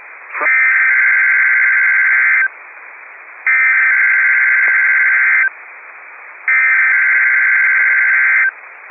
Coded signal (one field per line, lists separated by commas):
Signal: Emergency Alert System (SAME) tones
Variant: header bursts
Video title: Required Weekly Test - 05/01/19 (EAS #82)